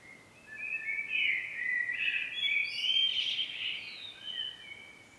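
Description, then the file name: Common blackbird singing a long, flowing warble of mellow notes mixed with higher squeaky flourishes, fading toward the end, over gentle background hiss. "Turdus merula"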